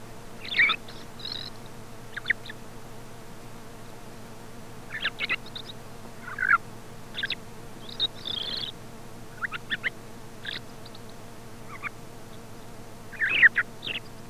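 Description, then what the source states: Thrush song of scattered brief chirps and squeaky whistled notes with long pauses between them, over a constant low electrical hum. Commercial lure recording sold by a Càlig company for parany bird trapping.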